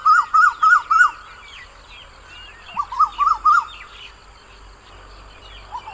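Bird calling in two quick bursts of four ringing, up-and-down notes, with softer chirps in between.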